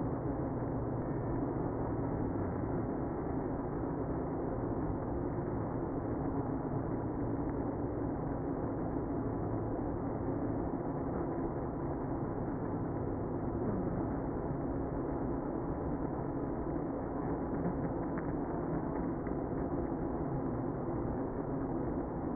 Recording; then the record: honeybee colony, microphone inside the hive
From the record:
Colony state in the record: queenless (queen removed); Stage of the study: after two queens were removed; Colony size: about 60,000 bees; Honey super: yes